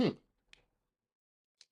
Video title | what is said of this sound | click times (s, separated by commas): Formbot Voron 2.4 build: Toolhead & Electronics [Part 6] | doesn't snap into place. Why does it not snap into place? | none